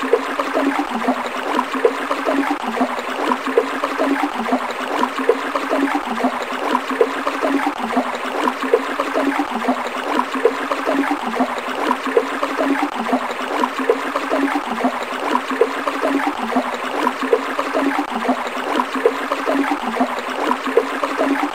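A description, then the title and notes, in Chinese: A small stream or spring flows steadily, its water a dense, even rush of bubbling and trickling with no pauses. Fine splashes and gurgles overlap quickly throughout, with a slight low tone beneath the brighter wash. 小溪泉流水声。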